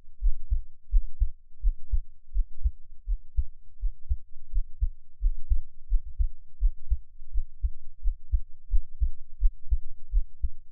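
A normal adult heartbeat, the host's own, heard close up through an NT5 microphone at about 86 beats per minute, with deep low-pitched thumps.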